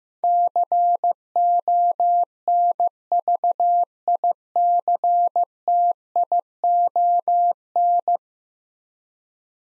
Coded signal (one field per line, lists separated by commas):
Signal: Morse code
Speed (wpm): 15 wpm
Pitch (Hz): 700 Hz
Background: none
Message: CONVICTION